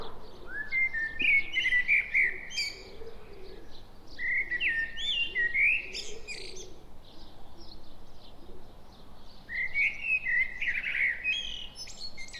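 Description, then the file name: Common blackbird song: three mellow fluted phrases spaced several seconds apart, each ending in a squeaky high twitter, with soft background bird calls. "Turdus merula"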